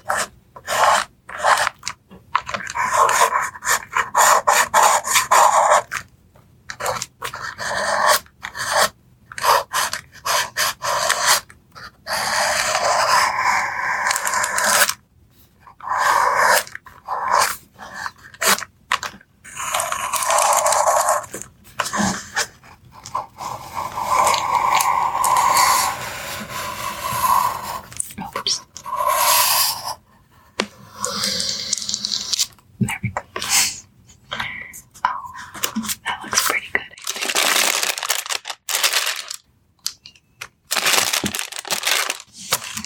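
Pencil tracing and scratching fill the recording with soft, bright strokes that come in short bursts separated by frequent brief silences. The strokes shift in pitch and texture as they go, with papery rustles between them and no steady rhythm throughout.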